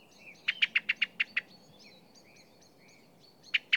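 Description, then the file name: Common blackbird rapid chink calls, a run of seven sharp notes followed by two more, over faint whistles and twittering. "Turdus merula"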